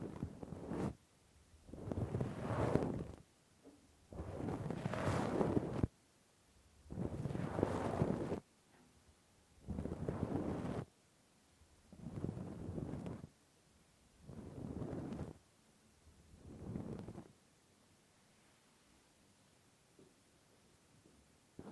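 Rough, deep scratching and scraping inside an ear, as with a Q-tip or ear pick, comes in repeated bursts of about a second each, roughly every two and a half seconds. The strokes are dense and rumbling, growing slightly softer, and stop after about eighteen seconds.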